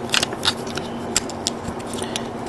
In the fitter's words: and she'll snap right in. There we go.